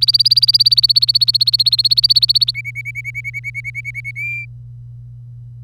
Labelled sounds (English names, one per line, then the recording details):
Domestic Canary song
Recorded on 25 April 2018 at 09:11
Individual llb3